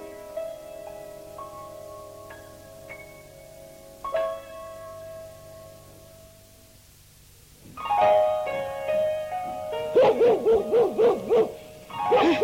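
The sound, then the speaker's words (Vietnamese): A dog barks in a loud, rapid run of five or six sharp yaps near the end, following a stretch of soft, sustained ringing tones and a rougher burst of noise. “Đừng có sủa nữa. Sủa hoài ta sốt ruột quá rồi đó.”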